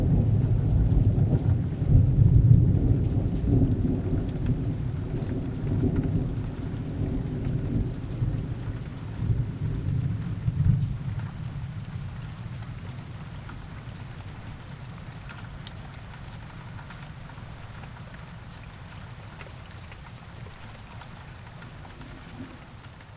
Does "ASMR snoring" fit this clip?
no